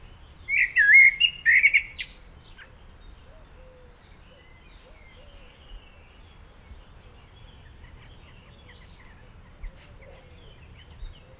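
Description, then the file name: Common blackbird sings a short mellow, warbled phrase with a high squeaky ending, then only faint low background noise for the rest. "Turdus merula"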